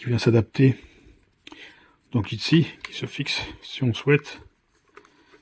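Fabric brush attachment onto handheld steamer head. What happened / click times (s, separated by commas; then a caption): The brush attachment is being handled but has not yet clipped on / none. Someone talks while handling the small plastic fabric brush attachment for a Mioduro 1400W portable handheld garment steamer, bringing it toward the steamer head where it is meant to clip on. Faint handling taps are heard around 1.5 s and 5.0 s. The brush has not clipped into place yet.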